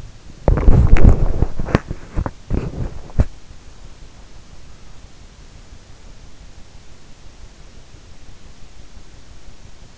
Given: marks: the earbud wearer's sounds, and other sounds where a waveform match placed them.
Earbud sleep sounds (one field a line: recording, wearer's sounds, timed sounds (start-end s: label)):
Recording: sounds in sleep by an in-ear microphone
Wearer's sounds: body movement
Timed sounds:
0.00-4.22 s: body movement